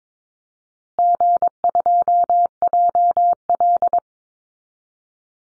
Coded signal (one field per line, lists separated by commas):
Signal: Morse code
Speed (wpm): 22 wpm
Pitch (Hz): 700 Hz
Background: none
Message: G2JL